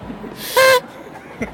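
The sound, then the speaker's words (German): A single short, loud toy horn toot with a bright, buzzy harmonic tone, lasting about a quarter second against a quiet background. “Schon mal eine Tröte wert.”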